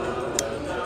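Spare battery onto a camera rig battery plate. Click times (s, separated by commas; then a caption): 0.4 s. A spare battery is attached to the battery plate of a camera streaming rig over steady background noise. A single sharp click sounds at 0.4 s as the battery clicks onto the plate and seats.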